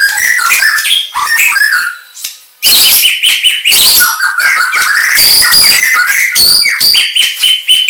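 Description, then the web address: White-rumped shama song, a loud, rich stream of whistles, rapid chattering notes and harsh buzzy phrases, broken by a brief pause about a third of the way in. Aceh variety of white-rumped shama. "murai-batu suara-murai-aceh"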